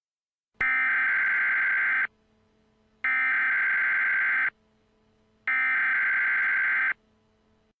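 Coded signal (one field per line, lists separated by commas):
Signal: Emergency Alert System (SAME) tones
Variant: header bursts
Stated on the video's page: Fictional Emergency Alert System scenario alert for nuclear terrorism.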